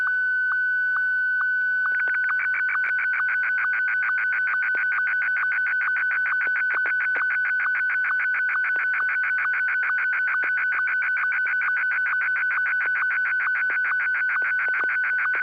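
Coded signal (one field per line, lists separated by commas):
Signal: SSTV (slow-scan television)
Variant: Martin 1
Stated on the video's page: SSTV net on an FM repeater on 441.300 MHz, images sent with MMSSTV software.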